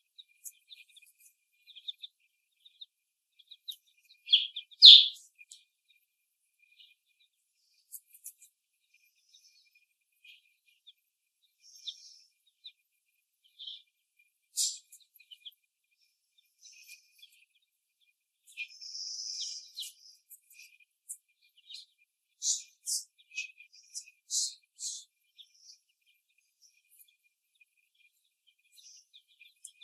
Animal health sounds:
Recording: young laying hens in a cage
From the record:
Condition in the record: before the stressor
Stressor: simulated dog barking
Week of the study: 1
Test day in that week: 1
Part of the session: 1

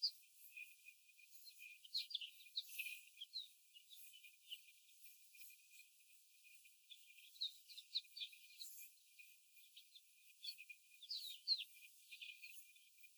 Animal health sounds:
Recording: young laying hens in a cage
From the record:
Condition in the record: after the stressor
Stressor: simulated dog barking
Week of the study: 4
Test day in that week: 1

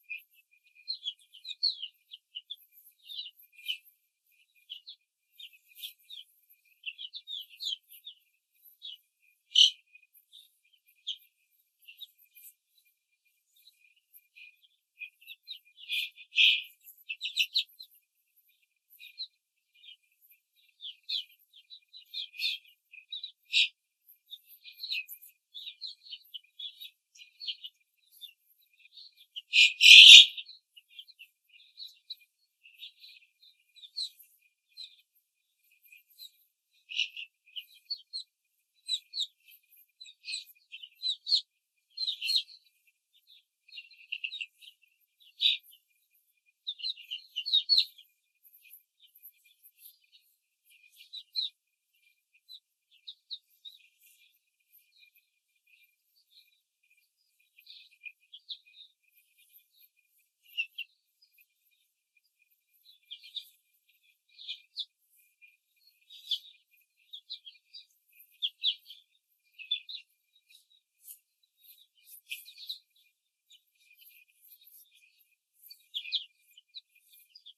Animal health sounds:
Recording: young laying hens in a cage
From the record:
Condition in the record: control cage, before the stress test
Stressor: none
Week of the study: 4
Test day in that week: 1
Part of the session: 1

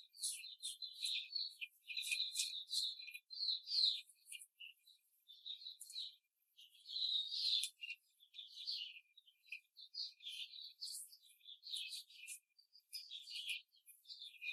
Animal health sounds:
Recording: young laying hens in a cage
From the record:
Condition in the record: control cage, before the stress test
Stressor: none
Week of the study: 4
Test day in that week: 3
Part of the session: 1

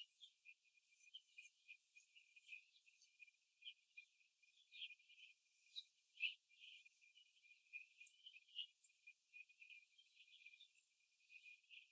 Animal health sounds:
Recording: young laying hens in a cage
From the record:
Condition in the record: after the stressor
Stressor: simulated dog barking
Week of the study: 2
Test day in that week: 2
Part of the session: 3

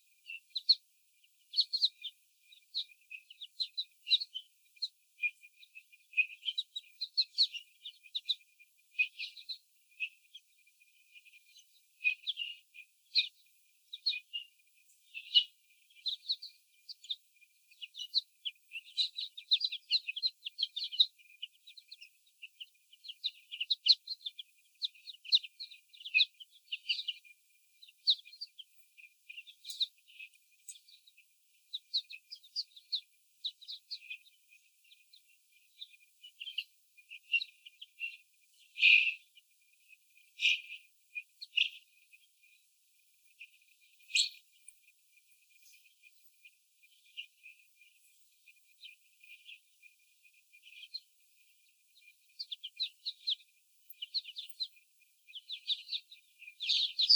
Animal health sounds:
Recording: young laying hens in a cage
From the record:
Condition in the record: before the stressor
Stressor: sudden umbrella opening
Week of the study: 3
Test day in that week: 2

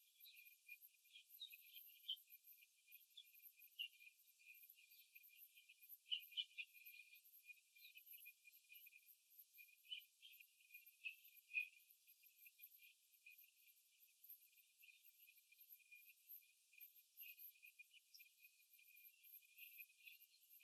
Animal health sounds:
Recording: young laying hens in a cage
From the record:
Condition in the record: after the stressor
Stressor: simulated dog barking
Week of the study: 3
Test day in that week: 2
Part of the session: 2

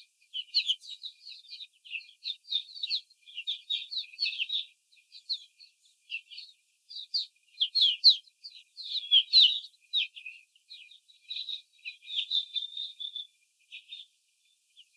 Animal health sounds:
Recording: young laying hens in a cage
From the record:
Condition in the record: before the stressor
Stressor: simulated dog barking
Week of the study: 4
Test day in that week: 3

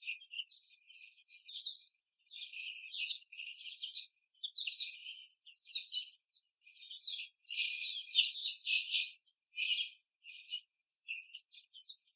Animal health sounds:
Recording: young laying hens in a cage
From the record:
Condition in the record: before the stressor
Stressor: simulated dog barking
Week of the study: 3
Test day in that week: 1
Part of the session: 4

